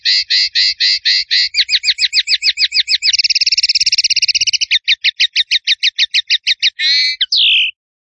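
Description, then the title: Bird song in fast bursts: clipped chirps repeated several times a second, then a dense buzzy trill, more rapid chirps, and a final slurred downward note. Bird singing energetically (gacor), Indonesia. "Masteran Burung Tembakan Gacor"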